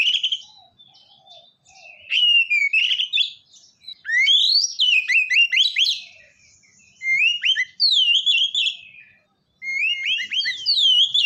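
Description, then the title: Oriental magpie-robin pours out varied whistled phrases, bright notes swooping up and down, in several loud bursts with short gaps, soft low chatter early on. "kacer"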